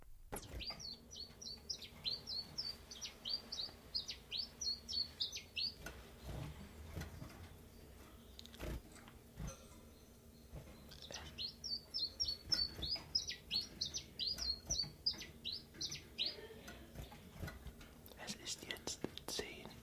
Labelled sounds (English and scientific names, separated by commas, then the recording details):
Common Chiffchaff (Phylloscopus collybita)
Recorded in captivity
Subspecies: collybita
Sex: male
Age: adult
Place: Zoologisches Institut Universität Tübingen, Baden-Württemberg, DE
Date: 1963-03-07
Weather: Zimmertemperatur 22°C
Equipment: LGS26
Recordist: Schneider, Hans-Joachim